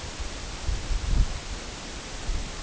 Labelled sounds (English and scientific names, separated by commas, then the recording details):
none
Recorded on Arctic tundra, site EABA-1, on 23 June 2018
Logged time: 22:00